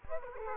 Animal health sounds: mosquito wingbeat signal from an infrared sensor; Aedes aegypti

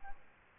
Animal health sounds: mosquito wingbeat signal from an infrared sensor; Aedes albopictus

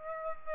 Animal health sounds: mosquito wingbeat signal from an infrared sensor; Aedes aegypti

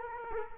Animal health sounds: mosquito wingbeat signal from an infrared sensor; Culex quinquefasciatus

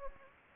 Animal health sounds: mosquito wingbeat signal from an infrared sensor; Anopheles gambiae

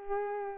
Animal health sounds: mosquito wingbeat signal from an infrared sensor; Culex pipiens

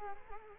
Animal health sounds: mosquito wingbeat signal from an infrared sensor; Culex quinquefasciatus

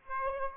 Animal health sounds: mosquito wingbeat signal from an infrared sensor; Aedes aegypti

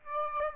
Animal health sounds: mosquito wingbeat signal from an infrared sensor; Aedes aegypti

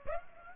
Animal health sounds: mosquito wingbeat signal from an infrared sensor; Aedes aegypti

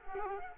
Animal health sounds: mosquito wingbeat signal from an infrared sensor; Culex quinquefasciatus

